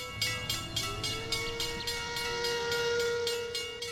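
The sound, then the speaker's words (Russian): A steam train whistle sounds loudly and without a break at a station platform, its shrill tone sliding slightly upward in pitch, over a steady rhythmic chuffing of the engine as black smoke rises. “Громко и пронзительно раздался первый гудок.”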